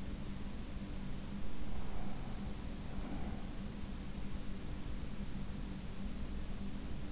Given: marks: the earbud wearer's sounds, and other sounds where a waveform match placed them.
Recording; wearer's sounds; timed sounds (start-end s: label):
sounds in sleep by an in-ear microphone; breath
1.61-3.64 s: breath